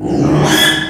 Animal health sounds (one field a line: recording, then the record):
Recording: squeal of a Yucatan mini pig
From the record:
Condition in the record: after surgery on the right vocal fold (resection and tissue-engineered implant)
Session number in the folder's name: 3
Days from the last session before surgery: 33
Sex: male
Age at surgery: 12 weeks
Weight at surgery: 13 kg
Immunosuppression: cyclosporine, prednisolone